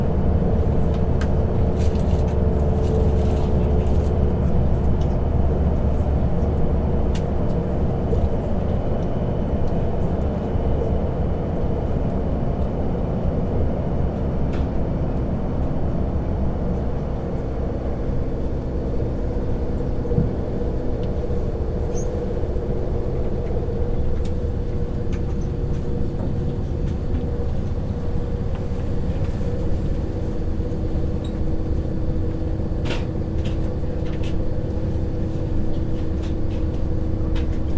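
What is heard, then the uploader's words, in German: A night train ride: a steady, dense low rumble fills the whole clip at an even level, with a hum and several sustained tones that shift slightly in pitch around the halfway mark. Faint clicks and rattles tick through now and then. Zugfahrt in der Nacht.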